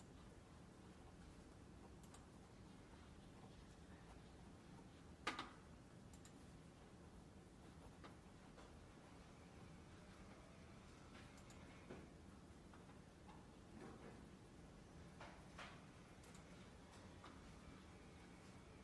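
Library ambience in Glasgow: a steady low murmur runs throughout, with faint indistinct voices underneath. Scattered brief knocks and clicks break through, like doors or drawers, the sharpest around five seconds, with lighter ones near twelve, fourteen and sixteen seconds.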